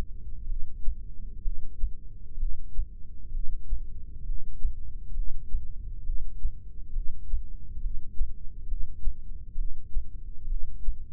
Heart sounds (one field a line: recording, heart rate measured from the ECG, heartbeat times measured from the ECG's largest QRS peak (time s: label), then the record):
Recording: heart sounds by microphone in the left ear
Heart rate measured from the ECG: 66 bpm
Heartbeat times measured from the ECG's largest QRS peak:
0.50 s: heartbeat
1.45 s: heartbeat
2.40 s: heartbeat
3.35 s: heartbeat
4.27 s: heartbeat
5.17 s: heartbeat
6.07 s: heartbeat
6.96 s: heartbeat
7.83 s: heartbeat
8.69 s: heartbeat
9.58 s: heartbeat
10.50 s: heartbeat
From the record:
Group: heart failure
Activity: rest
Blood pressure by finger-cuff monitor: 119/88 mmHg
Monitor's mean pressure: 100 mmHg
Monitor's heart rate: 64 bpm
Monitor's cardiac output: 5.7 L/min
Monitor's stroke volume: 90 mL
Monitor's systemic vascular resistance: 1290 dyn s/cm5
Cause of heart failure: idiopathic cardiomyopathy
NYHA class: 1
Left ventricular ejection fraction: 50%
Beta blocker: bisoprolol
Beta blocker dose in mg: 5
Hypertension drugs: candesartan, spironolactone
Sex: male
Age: 54 years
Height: 180 cm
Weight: 94.6 kg